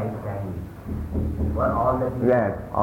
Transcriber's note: knock on door